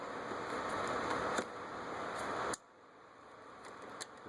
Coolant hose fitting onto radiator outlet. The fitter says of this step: make sure it locks into place you just hear it click it won't pull off let